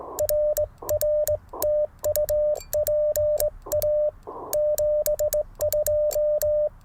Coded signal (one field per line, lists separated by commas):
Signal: Morse code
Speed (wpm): 18 wpm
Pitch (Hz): 600 Hz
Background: none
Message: RR TU PA 72